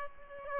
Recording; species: mosquito wingbeat signal from an infrared sensor; Aedes aegypti